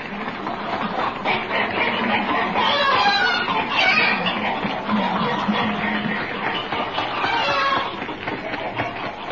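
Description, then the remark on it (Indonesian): A bantam chicken clucks and crows in a busy, continuous run of sharp, high-pitched calls, staying fairly loud for the whole stretch with no talking over it. “Setelah kita sekalian menyaksikan dan mendengarkan pidato dari ayam kate ini yang lincah, sederhana, jujur, dan lancar bicara, maka pilihan jatuh pada detik ini pula. Ayam kate.”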